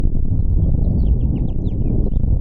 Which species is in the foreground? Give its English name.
House Finch